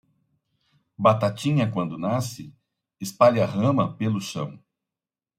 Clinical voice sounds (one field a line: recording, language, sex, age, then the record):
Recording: short text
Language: Brazilian Portuguese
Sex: male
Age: 50 to 59 years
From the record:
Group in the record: control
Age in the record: 56 years